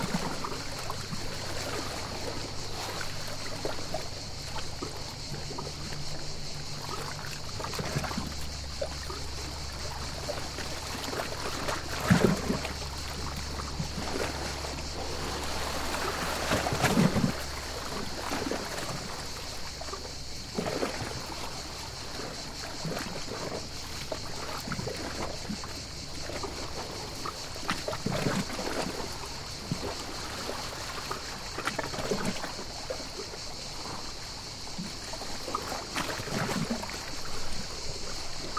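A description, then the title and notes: Cicadas hold a steady, bright whine high above everything else, unchanging for the whole stretch. Below it, small waves lap and splash in irregular bursts, with a low engine-like hum droning in the first fifteen seconds before fading out. Cicadas and waves: Ste Marguerite by champignonsdesbois.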